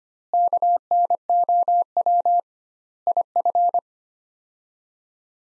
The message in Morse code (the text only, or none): KNOW IF